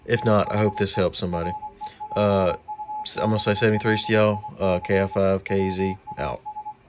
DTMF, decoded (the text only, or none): none